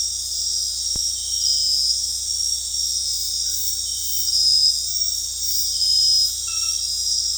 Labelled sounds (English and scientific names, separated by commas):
none